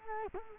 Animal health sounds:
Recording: mosquito wingbeat signal from an infrared sensor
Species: Culex quinquefasciatus

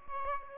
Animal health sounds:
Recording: mosquito wingbeat signal from an infrared sensor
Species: Aedes aegypti

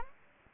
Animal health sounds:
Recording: mosquito wingbeat signal from an infrared sensor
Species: Anopheles gambiae

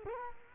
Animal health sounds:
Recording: mosquito wingbeat signal from an infrared sensor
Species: Culex quinquefasciatus

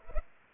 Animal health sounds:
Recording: mosquito wingbeat signal from an infrared sensor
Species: Culex pipiens

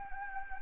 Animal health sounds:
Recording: mosquito wingbeat signal from an infrared sensor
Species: Anopheles gambiae

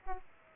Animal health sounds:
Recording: mosquito wingbeat signal from an infrared sensor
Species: Aedes aegypti

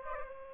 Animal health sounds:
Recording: mosquito wingbeat signal from an infrared sensor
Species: Aedes aegypti

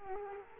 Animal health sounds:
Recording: mosquito wingbeat signal from an infrared sensor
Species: Culex quinquefasciatus

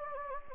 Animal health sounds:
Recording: mosquito wingbeat signal from an infrared sensor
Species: Anopheles gambiae

